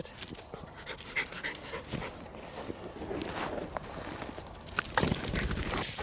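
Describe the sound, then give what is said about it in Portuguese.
A dog hunting a rat moves about with quick panting breaths and a patter of paws or clicking steps over steady rustling noise, without anyone speaking. “Olha o cachorro, o cinegrafista.”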